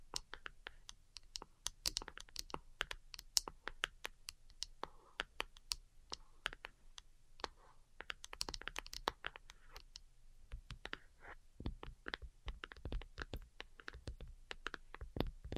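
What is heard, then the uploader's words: Delicate tapping in quick, irregular bursts of sharp clicks, much like typing on a keyboard, running steadily for the whole sixteen seconds. The taps come several per second with short pauses between flurries, and a few louder knocks stand out near the middle and end. ASMR DELICATE Tapping for Sleep (No Talking).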